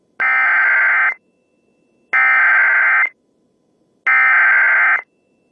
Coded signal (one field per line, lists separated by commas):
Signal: Emergency Alert System (SAME) tones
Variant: header bursts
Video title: 50 States, 50 Alerts II (2K Subscriber Special)